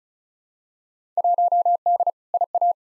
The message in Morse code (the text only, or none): 1D IA